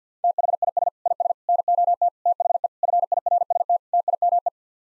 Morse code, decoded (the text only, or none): THIS IS NOT THE FIRST TIME